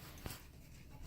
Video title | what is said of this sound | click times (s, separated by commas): Kawasaki kv75/mt1 tear down part 2 splitting the case | Nice tight fit too, by the way, guys. Just pops right in, | 0.3 s